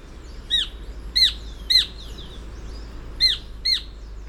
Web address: S America Birds of Ecuador Black-Billed Treehunter